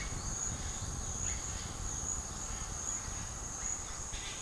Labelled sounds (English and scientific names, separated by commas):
none